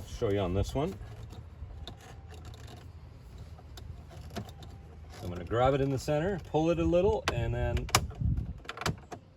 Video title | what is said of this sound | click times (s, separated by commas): Radio Bezel / Tombstone and centre console removal 1990-1997 Mazda MX-5 Miata. | pry it in a couple of different spots until it pops out. There we go. | 8.7 s, 8.8 s, 8.9 s